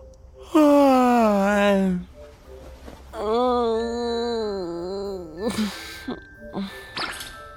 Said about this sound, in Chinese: 展昭也不知道打第几个哈欠，翻了个身，就看到房门打开，白玉堂回来了。